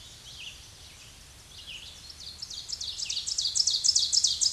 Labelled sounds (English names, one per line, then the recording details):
Ovenbird song
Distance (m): 5 m
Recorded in a Pennsylvania forest on 16 May 2024 at 07:51
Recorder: AudioMoth, point MSD-2376
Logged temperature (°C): 16.7 °C
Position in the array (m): 149 m, 2 m